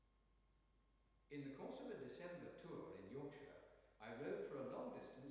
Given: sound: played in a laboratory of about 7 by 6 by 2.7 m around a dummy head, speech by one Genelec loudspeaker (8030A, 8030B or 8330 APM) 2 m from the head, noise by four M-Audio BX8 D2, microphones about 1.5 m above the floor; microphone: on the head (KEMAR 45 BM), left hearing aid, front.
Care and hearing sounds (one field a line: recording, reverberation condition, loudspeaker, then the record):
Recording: male speech in English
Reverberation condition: high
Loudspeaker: in front (0 degrees)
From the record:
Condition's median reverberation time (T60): about 1300 ms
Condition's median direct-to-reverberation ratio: about -4.0 dB